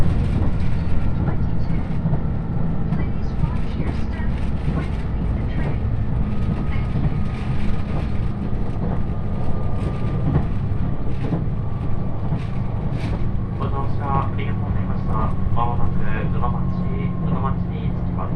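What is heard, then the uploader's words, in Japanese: Aboard the Yosan Line limited express Uwakai No. 5, running from Iyo-Ozu to Uwajima, a steady low rumble of the train fills all eighteen seconds. A faint whine holds throughout, while light clicks and knocks come and go, busier toward the end. 予讃線特急宇和海5号 伊予大洲→宇和島。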